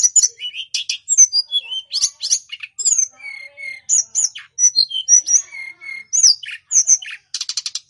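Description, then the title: Snowy-browed flycatcher song of varied high whistled notes and chattering chirps, ending in a fast buzzy trill. Master recording used for training cage birds. "Masteran Tledekan Gunung Sikatan Gunung"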